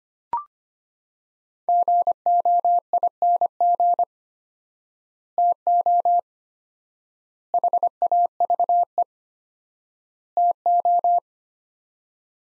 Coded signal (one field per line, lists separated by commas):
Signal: Morse code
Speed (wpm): 25 wpm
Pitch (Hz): 700 Hz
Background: none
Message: GOING TO HAVE TO